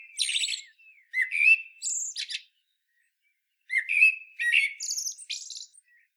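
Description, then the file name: Common blackbird giving fluted song phrases, mellow whistles breaking into high, buzzy twittering, separated by short pauses. "Turdus merula"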